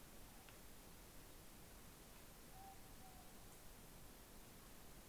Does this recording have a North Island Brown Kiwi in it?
no